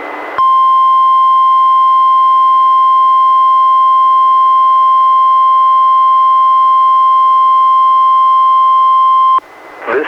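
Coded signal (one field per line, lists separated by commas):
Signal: Emergency Alert System (SAME) tones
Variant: 1050 Hz attention tone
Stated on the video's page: NOAA Weather Radio Required Weekly Test relayed by a station in Astoria, recorded from a Reecom R-1630 weather radio via a Zoom H1 recorder.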